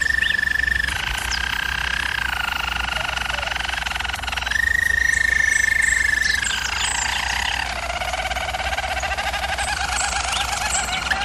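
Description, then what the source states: German Roller canary song: long sustained rolling tours, a steady low trill shifting between pitch levels, with a higher steady tone near the middle; faint low hum beneath. Singing used for canary training.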